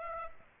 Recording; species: mosquito wingbeat signal from an infrared sensor; Aedes aegypti